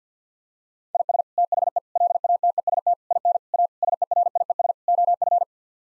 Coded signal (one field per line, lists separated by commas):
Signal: Morse code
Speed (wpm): 50 wpm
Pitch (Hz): 700 Hz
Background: none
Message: IS THE LATEST IN A SERIES OF